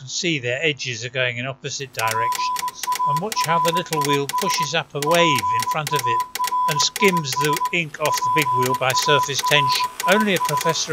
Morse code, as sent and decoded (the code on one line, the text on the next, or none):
.--. .- .-. .. ... / .--. .- .-. .. ... / .--. .- .-. .. ...
PARIS PARIS PARIS